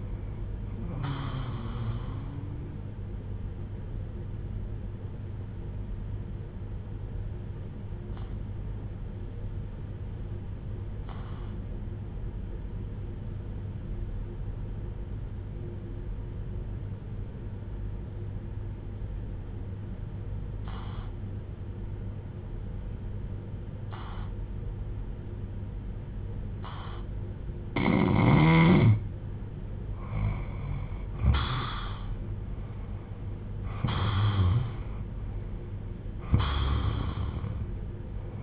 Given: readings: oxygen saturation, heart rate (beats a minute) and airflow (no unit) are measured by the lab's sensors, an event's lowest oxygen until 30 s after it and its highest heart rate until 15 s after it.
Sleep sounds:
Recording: breathing in sleep by a smartphone at the bedside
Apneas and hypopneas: 1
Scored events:
5.00-32.40 s: hypopnea (N2, oxygen 97% highest, then 88% lowest)
From the record:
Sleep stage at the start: N2 (light sleep)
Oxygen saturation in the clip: 90 to 97%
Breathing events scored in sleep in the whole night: 310 in 8.1 hours asleep

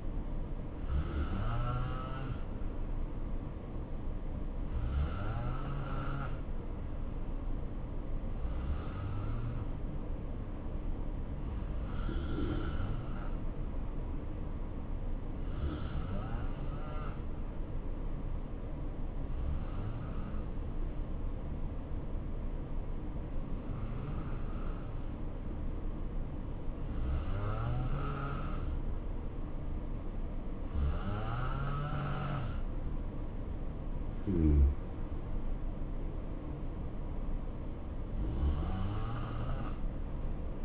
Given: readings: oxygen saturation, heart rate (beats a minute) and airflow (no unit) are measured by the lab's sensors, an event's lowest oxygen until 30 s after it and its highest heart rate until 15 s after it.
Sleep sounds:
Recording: breathing in sleep by a smartphone at the bedside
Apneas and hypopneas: 1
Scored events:
11.00-34.20 s: hypopnea (N2, oxygen 88% highest, then 88% lowest, heart rate 67 at the start, 75 highest)
24.00-40.65 s: new sleep stage, N1 (lightest sleep)
From the record:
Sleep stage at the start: N2 (light sleep)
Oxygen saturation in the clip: 86 to 89%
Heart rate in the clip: 64 to 75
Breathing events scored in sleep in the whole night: 277 in 7.4 hours asleep

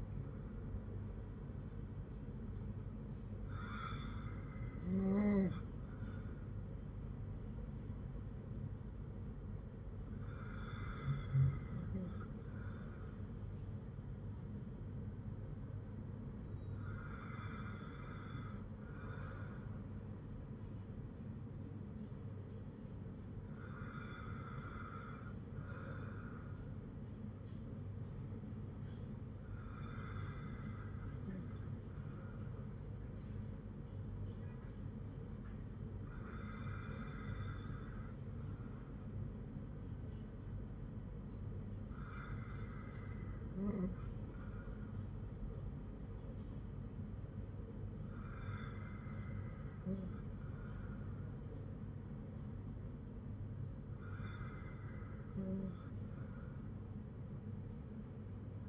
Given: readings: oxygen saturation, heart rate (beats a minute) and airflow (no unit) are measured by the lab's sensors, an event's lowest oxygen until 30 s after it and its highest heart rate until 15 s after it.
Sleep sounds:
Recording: breathing in sleep by a smartphone at the bedside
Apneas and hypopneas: none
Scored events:
none scored
From the record:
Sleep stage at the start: N2 (light sleep)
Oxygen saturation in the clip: 94 to 97%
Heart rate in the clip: 53 to 58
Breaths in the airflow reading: 10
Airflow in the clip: -6.5 to 4.7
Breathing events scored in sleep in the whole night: 182 in 7.4 hours asleep

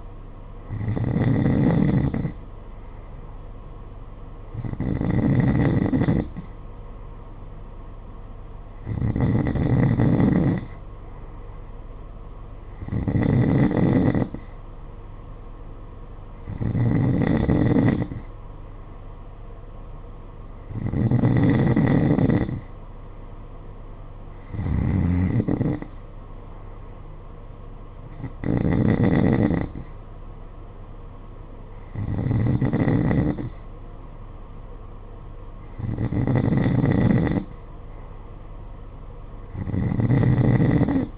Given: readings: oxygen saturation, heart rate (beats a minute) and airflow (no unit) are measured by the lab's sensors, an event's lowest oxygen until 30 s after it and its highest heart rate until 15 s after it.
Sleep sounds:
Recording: breathing in sleep by a smartphone at the bedside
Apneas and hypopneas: none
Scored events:
none scored
From the record:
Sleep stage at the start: N2 (light sleep)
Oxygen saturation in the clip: 92%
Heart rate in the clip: 50 to 54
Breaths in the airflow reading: 11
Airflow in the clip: -6.6 to 7.3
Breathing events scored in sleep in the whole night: 476 in 9.7 hours asleep

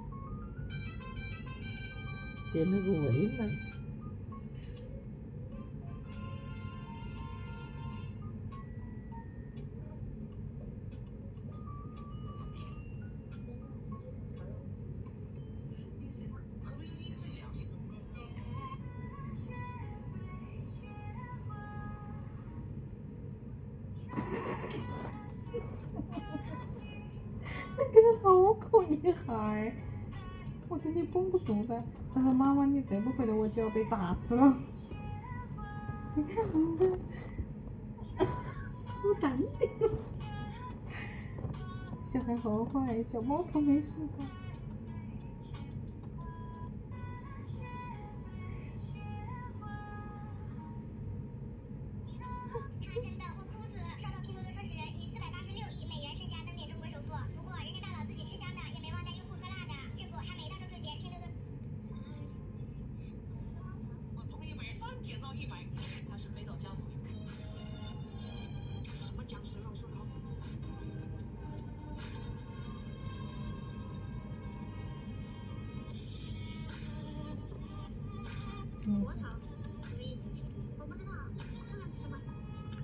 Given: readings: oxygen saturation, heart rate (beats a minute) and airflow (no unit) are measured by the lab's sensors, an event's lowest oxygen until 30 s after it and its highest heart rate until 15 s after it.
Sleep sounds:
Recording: a person awake in a sleep study, by a smartphone at the bedside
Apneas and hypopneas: none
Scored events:
0.00-82.84 s: awake
0.00-82.84 s: awake
From the record:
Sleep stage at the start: awake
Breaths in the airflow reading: 26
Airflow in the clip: -0.7 to 0.8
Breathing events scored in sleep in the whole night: 496 in 5.4 hours asleep

